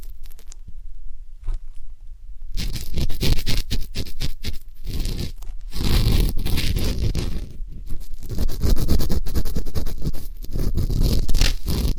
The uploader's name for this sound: ASMR 3D Deep Ear Canal & Eardrum Cleaning